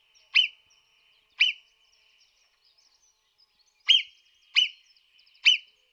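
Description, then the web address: Marmot calls: two sharp whistles, a pause of over two seconds, then three more shrill notes in quick succession. "audio-versi-animali Marmotta da xenocanto"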